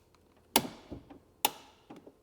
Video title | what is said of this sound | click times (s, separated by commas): Tinting A Tesla Model 3 - First Time 🤣🤙 | So now it's clicked into place. | 0.6 s, 1.5 s